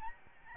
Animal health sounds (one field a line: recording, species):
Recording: mosquito wingbeat signal from an infrared sensor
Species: Aedes albopictus